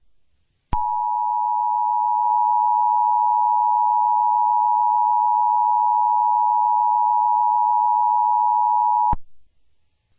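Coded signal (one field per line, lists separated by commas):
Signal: Emergency Alert System (SAME) tones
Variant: 853 and 960 Hz attention tone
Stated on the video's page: Self-made EAS severe thunderstorm warning.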